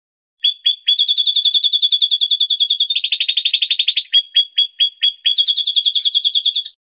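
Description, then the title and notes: Songbird song, a long rapid trill of high repeated notes with a louder buzzy section, interrupted by spaced single notes before resuming. Master recording used for training songbirds. "Kumpulan Masteran Burung Terlengkap Dan Terbaik"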